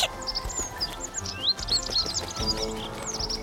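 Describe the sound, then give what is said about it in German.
Several small birds chirp and tweet while feasting on food in front of an entrance, quick, overlapping high-pitched bursts, a busy twittering chorus over a low rumbling background. “vor dem Eingang wartet Eli ihre Vogelfreund und freut sich über das Festessen”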